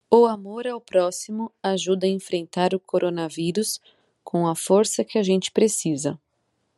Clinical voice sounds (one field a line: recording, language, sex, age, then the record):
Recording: spoken sentence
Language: Brazilian Portuguese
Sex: female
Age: 30 to 39 years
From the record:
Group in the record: control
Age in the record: 35 years